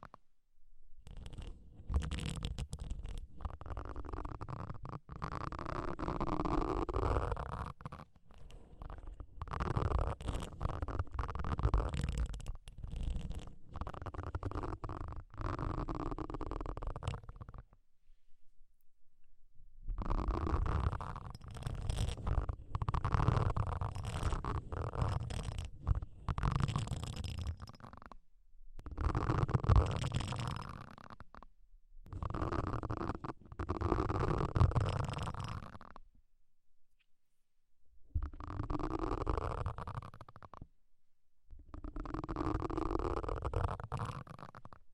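Deep ear cleaning gives muffled rumbling and scraping in dense bursts of several seconds, broken by short silences, around 18 and 37 seconds.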